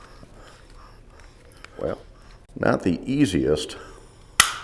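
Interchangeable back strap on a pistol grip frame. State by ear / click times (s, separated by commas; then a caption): seated / 4.4 s. A small interchangeable back strap is pivoted in at the top of the polymer grip of a Smith & Wesson CSX 9mm pistol and pressed in with some struggle while someone talks. One sharp, loud snap at 4.4 s marks the back strap seating firmly into place.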